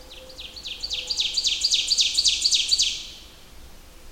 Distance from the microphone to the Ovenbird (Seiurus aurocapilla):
about 15 m